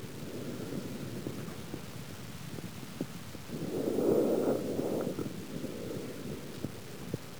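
One soft, low rustling breath swells mid-clip over quiet stethoscope noise with faint clicks; ordinary breath sounds heard through a stethoscope on an adult chest.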